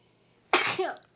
Right on air. Last sneeze of the year right there on the podcast.